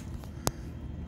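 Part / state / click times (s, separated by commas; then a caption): throttle valve cable end onto the throttle bell crank / seated / 0.5 s. A throttle valve cable end on a 1997 Jeep Wrangler TJ is snapped onto the throttle bell crank stud and seats with one sharp, broadband click at 0.5 s. A faint tick comes just before it at 0.2 s, over a steady low rumble.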